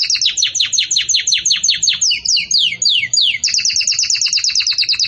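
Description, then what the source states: Canary song of rapid downward-sweeping chirps, a few longer slurred notes, then a fast even trill at the end. Belgian canary song intended for teaching young chicks (encarte de filhotes); song style described as 'campainha' (bell).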